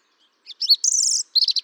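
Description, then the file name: European robin song fragment: a rapid trill of high, thin notes followed by a short cluster of sweet twittering notes. "Erithacus rubecula"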